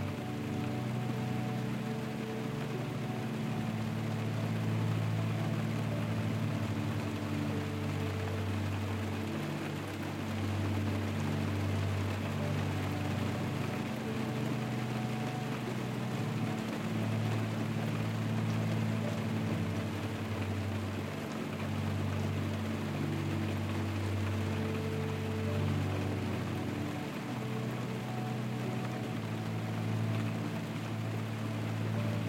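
Rain patters on a tent in a dense, unbroken hiss that stays even for the whole stretch. Beneath it, soft low piano notes sustain and change every few seconds in a slow, repeating phrase, shifting around 10, 16, 20 and 27 seconds.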